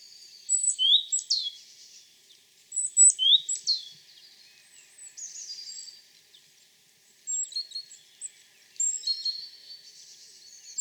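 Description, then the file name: Great tit calls, high chattering phrases with sweeping whistled notes, in several bursts spaced a couple of seconds apart. "Parus major"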